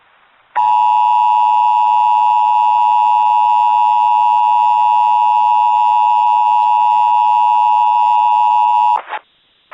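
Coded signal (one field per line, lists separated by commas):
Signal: Emergency Alert System (SAME) tones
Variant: 853 and 960 Hz attention tone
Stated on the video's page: Fictional alternate-history EAS scenario using valid EAS and SEWS tones.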